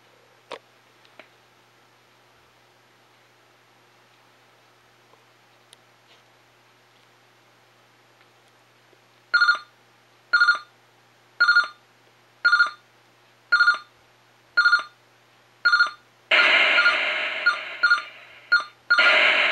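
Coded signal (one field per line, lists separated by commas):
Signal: computer data on cassette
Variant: Sharp X1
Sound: near silence, then eight regular harsh bursts about a second apart, then continuous screeching data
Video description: Jak Sharp X1 nahrává z kazety a co nahrává?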